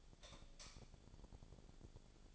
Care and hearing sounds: daily activity, microphone in the room; light off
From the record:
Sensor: 5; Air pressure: 1009.9 hPa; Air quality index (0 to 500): 158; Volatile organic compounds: 4 ppm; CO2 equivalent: 1540 ppm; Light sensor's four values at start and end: 192/489/202/217 and 192/487/201/216

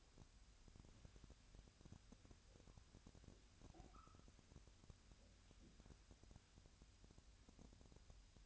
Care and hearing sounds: daily activity, microphone in the room; wipe stove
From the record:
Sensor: 2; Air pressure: 1006.9 hPa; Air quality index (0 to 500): 198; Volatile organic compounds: 13 ppm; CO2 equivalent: 2422 ppm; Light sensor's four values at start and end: 10/24/10/10 and 10/24/10/10

